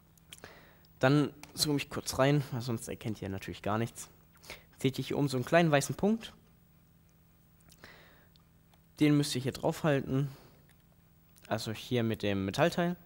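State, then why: Not seated. An interchangeable lens is lined up by its small white dot against the metal bayonet mount of a Nikon J1 mirrorless camera before being pressed on and twisted. Someone talks throughout, with faint handling taps between phrases. Nothing has seated or clicked yet.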